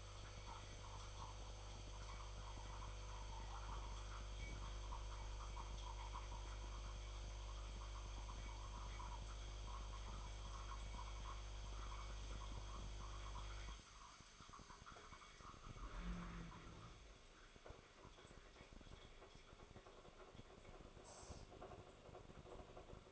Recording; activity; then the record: daily activity, microphone in the room; make coffee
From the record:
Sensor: 5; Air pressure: 1014.8 hPa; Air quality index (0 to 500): 200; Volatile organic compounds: 9 ppm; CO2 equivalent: 2130 ppm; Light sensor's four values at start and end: 17/40/15/14 and 17/40/15/14